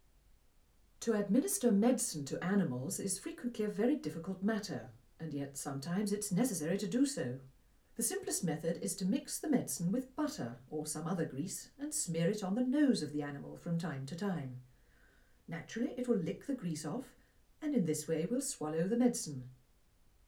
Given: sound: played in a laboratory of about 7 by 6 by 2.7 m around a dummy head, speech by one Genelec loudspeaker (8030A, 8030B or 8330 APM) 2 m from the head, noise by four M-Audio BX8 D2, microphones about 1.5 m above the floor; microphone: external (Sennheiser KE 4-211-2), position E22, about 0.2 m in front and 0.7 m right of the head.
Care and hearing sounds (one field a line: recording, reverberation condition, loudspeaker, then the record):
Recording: female speech in English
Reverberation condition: low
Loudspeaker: 120 degrees to the left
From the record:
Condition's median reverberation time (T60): about 310 ms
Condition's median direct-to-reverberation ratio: about 3.5 dB